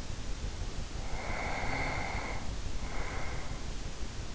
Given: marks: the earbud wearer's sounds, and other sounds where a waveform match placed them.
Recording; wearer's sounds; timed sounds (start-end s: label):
sounds in sleep by an in-ear microphone; snoring breath
0.91-3.67 s: snoring breath